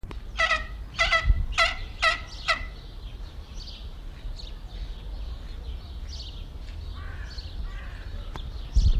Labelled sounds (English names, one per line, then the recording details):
Pallas's Fish Eagle call
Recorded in captivity
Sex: male
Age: adult
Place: Zoo Berlin, Berlin, DE
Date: 1994-05-07 11:04
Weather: heiter, 12-18°C
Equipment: Marantz CP 430, Sennheiser ME 80, Kopie Uher Variocord 263
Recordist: Tembrock, Günter